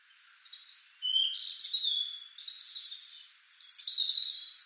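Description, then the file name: European robin singing three phrases of high, liquid warbles and trills, separated by brief pauses, the last phrase climbing highest. "Erithacus rubecula"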